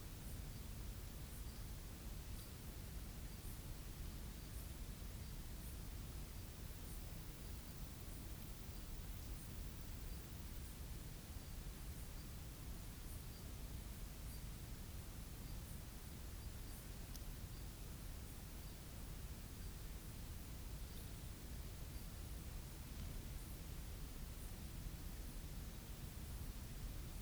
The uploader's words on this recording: It's a summers night in the bush on Ngarigo land. The summer hum of cicadas and crickets.